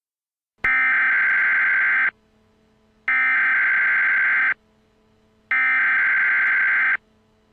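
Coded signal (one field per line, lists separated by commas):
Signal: Emergency Alert System (SAME) tones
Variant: header bursts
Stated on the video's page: Simulated EAS scenario.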